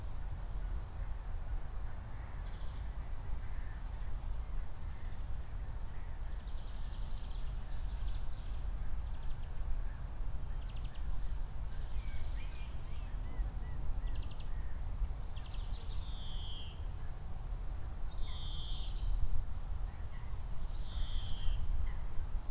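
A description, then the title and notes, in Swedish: Spring birdsong: short, bright chirps and whistled phrases come and go high above a steady low rumble that fills the whole clip. The calls grow more frequent after about fifteen seconds, with a few clear descending whistles near the end. Vårfågelsång. Jag satt i dag och kopplade av en timme i skogen och lyssnade på vårfåglarna under lunchen.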